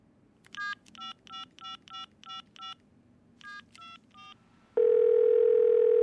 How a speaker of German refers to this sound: Ich habe eine falsche Nummer gewählt. Nochmal.